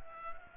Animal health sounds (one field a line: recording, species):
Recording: mosquito wingbeat signal from an infrared sensor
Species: Culex pipiens